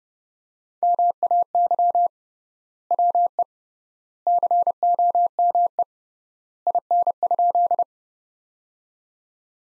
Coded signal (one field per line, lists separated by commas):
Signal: Morse code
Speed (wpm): 32 wpm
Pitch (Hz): 700 Hz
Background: none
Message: MAY WE COME IN?